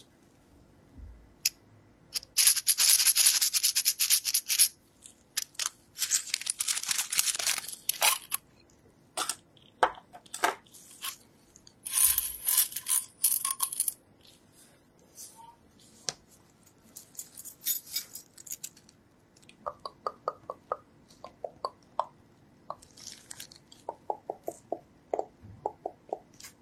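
Ear cleaning with no voices: dense bursts of crisp scratching and rustling, heaviest around 2–5 and 12–14 seconds, set against a low steady hum. Later the sound thins into sparse, short clicks and light taps, coming in small clusters toward the end.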